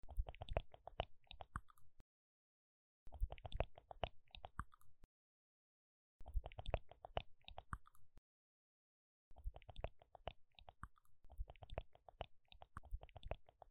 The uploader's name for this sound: MouthSounds